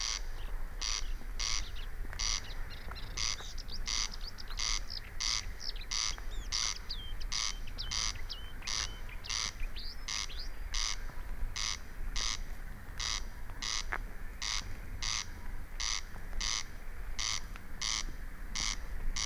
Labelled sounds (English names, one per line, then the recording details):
Corn Crake
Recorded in the wild
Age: adult
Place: Peenemuende, Usedom, Mecklenburg-Vorpommern, DE
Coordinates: 54.1618, 13.78
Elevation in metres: 0
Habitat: grassland
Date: 2014-05-25 22:56
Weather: 15°C, almost windless
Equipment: Sound Devices 702, Sennheiser MKH 70, Rycote Windschutz
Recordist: Frommolt, Karl-Heinz